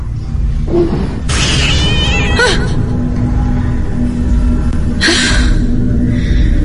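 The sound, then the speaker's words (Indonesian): A black cat on a chair lets out two drawn-out, wavering meows, the first long and quavering, the second shorter, over a constant low rumbling background. “ternyata di atas kursi itu ada kucing.”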